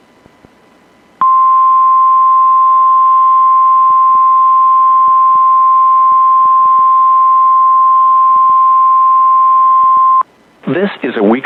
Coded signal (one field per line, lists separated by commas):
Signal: Emergency Alert System (SAME) tones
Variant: 1050 Hz attention tone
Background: speech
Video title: MXK EAS 1620